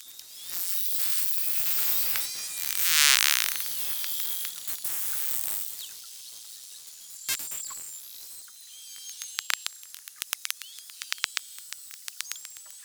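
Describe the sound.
Beluga whale clicks: a loud, dense buzzing burst near the third second, some high chirps, then a series of spaced sharp clicks.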